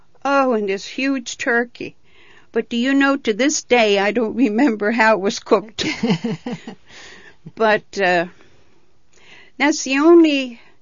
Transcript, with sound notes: oh, and this huge turkey. But do you know to this day I don't remember how it was cooked. ( they laugh ) But that's the only, the